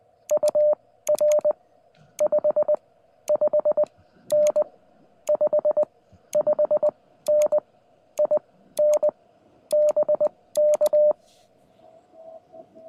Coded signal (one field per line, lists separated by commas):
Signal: Morse code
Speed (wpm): 20 wpm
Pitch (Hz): 600 Hz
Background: radio noise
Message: UR 55N 55N IN BK